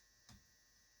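The metal forend retaining nut on the magazine tube of an A300 Outlander shotgun, already screwed hand tight against the foregrip, is turned one more detent click, which is all it needs. A single sharp click sounds at 0.3 s over a steady low hum, and the nut is seated.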